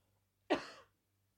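An adult imitates a single short throat clearing, let out after an irritating, tickling feeling in the throat has been held in for about 10 minutes since the last cough.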